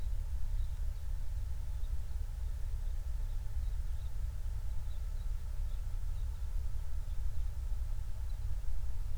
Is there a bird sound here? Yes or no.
yes